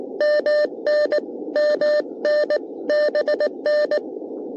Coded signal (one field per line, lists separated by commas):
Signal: Morse code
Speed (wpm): 19 wpm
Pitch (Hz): 630 Hz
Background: none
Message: MN MN BN